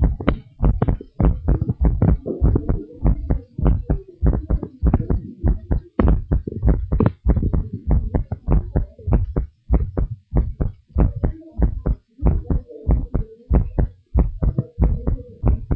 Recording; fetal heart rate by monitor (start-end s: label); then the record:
heart sounds of a pregnant woman by stethoscope
no fetal heartbeat
From the record:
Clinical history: severe hypoglycemia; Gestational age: 35 weeks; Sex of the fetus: girl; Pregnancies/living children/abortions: 1/0/0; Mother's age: 22 years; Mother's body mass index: 23.2